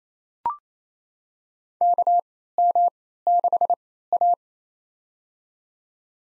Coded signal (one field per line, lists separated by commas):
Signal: Morse code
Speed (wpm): 28 wpm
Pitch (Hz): 700 Hz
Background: none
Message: KM6A